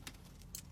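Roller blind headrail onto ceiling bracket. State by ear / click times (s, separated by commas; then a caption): not seated / none. A roller blind headrail is handled and lifted toward its ceiling-fixed bracket before being clipped on. Short bright rattles and taps of handling come at about 0.1 s, 0.4 s and a sharper one at 0.6 s over a steady low hum. Nothing has seated or clicked yet.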